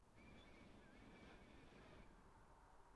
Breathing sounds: one breath near a microphone; inhalation

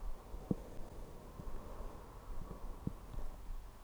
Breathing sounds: one breath near a microphone; exhalation

